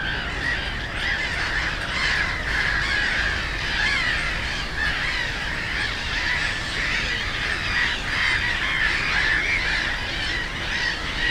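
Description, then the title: Black-headed gulls give dense, grating cries, steady and overlapping throughout, with a soft low background rumble. Many black-headed gulls, the loudest birds at Frog Ponds nature complex on former coal-mining ponds, Bytom, Poland; nearby DK79 road and railway noise. "Żabie Doły, Bytom, Polska - Black-headed gulls at Frog Ponds complex"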